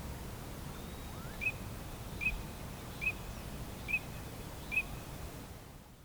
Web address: linnut tavi